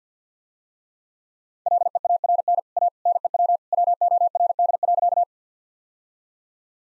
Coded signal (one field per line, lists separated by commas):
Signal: Morse code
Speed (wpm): 50 wpm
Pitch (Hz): 700 Hz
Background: none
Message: LEARN A NEW WORD.